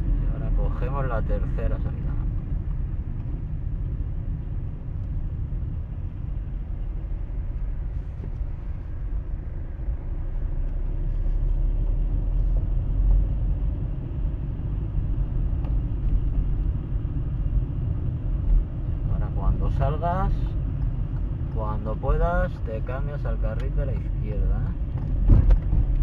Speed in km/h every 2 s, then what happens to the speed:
26, 18, 19, 12, 11, 18, 23, 25, 24, 23, 24, 21, 21.
0-7 slows to 11. 7-14 speeds up to 25. 14-26 steady at about 23.